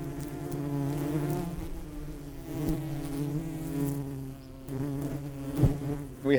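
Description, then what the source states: Bumblebee hoverfly buzzing, a continuous low hum that wavers in loudness, broken by a few brief knocks. Bumblebee-mimic hoverfly with dark patches on its wings, on heathland on the Ashdown Forest.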